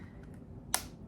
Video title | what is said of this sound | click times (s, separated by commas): While we mourn TikTok...Luxury Lip Balm Battle | Like this one's pretty, latches pretty quickly. | 0.7 s